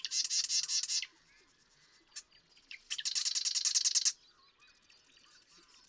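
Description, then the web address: Marsh Wren with two rattling trills separated by a few sharp ticking notes. "birdsongforthecurious Marsh Wren"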